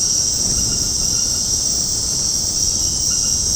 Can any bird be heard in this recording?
no